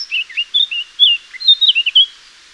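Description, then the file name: Eurasian blackcap singing a rich, fluty warble of quick whistled notes rising and falling, delivered as one continuous bright phrase over about two seconds. "Sylvia atricapilla"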